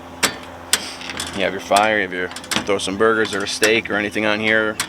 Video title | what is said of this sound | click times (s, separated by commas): Fireside Trailblazer first look! | and it just pops right in on the top here | 0.7 s